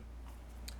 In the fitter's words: tab once the tab goes through you'll hear that click that's locked in it's ready to go